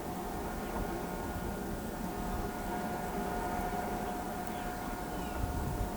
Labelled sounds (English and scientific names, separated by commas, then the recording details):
none
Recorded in pastures near Pivijay, Magdalena, Colombia, on 14 April 2023 at 17:30
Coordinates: 10.456, -74.369
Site P6-G026